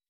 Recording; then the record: hydrophone in a shrimp aquaculture tank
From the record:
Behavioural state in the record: weakened